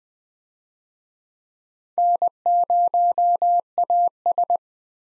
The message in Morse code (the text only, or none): N0AS